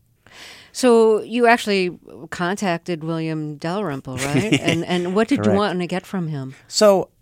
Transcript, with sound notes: So you actually contacted William Dalrymple, right?
(Laughter) Correct.
And what did you want to get from him?